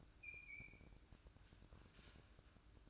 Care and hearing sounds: daily activity, microphone in the room; open fridge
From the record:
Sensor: 2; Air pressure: 1007.6 hPa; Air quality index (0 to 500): 58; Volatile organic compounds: 1 ppm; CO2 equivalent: 590 ppm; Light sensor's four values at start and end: 10/23/10/10 and 10/23/10/10

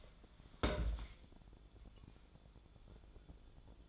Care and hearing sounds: daily activity, microphone in the room; place on stove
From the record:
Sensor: 5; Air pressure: 1010.1 hPa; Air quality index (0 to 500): 145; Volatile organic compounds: 3 ppm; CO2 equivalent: 1416 ppm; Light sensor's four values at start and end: 237/582/247/270 and 248/602/257/283

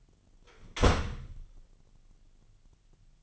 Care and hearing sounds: daily activity, microphone in the room; close door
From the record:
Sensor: 4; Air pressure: 999.3 hPa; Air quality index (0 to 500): 116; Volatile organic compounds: 2 ppm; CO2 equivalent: 1140 ppm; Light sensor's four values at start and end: 13/32/13/14 and 13/31/12/13

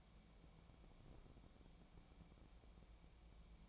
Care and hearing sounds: daily activity, microphone in the room; take from stove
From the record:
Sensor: 1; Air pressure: 999.9 hPa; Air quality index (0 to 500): 132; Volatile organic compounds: 2 ppm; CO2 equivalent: 1248 ppm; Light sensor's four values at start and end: 38/97/41/50 and 38/97/41/50

